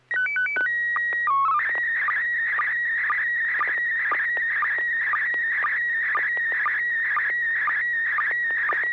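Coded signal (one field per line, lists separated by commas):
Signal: SSTV (slow-scan television)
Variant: PD 120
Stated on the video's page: SSTV images exchanged on a weekly amateur net via an FM repeater on 441.300 MHz in Sacramento, sent with MMSSTV software.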